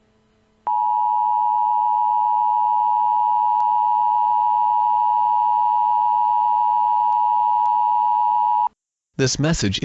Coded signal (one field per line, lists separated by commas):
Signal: Emergency Alert System (SAME) tones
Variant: 853 and 960 Hz attention tone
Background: speech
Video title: EAS Scenario 21: (MINI) McDonald's food contamination